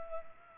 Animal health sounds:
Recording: mosquito wingbeat signal from an infrared sensor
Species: Culex pipiens

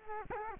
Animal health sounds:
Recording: mosquito wingbeat signal from an infrared sensor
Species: Culex quinquefasciatus

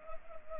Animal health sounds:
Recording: mosquito wingbeat signal from an infrared sensor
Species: Culex pipiens

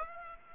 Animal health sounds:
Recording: mosquito wingbeat signal from an infrared sensor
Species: Aedes aegypti

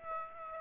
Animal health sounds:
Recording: mosquito wingbeat signal from an infrared sensor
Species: Aedes aegypti

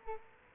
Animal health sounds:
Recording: mosquito wingbeat signal from an infrared sensor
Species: Culex quinquefasciatus

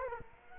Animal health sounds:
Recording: mosquito wingbeat signal from an infrared sensor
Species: Culex quinquefasciatus

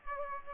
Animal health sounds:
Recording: mosquito wingbeat signal from an infrared sensor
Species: Aedes aegypti

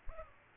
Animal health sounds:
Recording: mosquito wingbeat signal from an infrared sensor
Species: Aedes aegypti

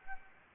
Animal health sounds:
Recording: mosquito wingbeat signal from an infrared sensor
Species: Anopheles gambiae

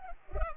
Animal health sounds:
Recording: mosquito wingbeat signal from an infrared sensor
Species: Culex pipiens

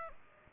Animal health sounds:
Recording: mosquito wingbeat signal from an infrared sensor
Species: Aedes aegypti

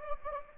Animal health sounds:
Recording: mosquito wingbeat signal from an infrared sensor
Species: Anopheles gambiae

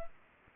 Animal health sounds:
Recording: mosquito wingbeat signal from an infrared sensor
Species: Culex pipiens

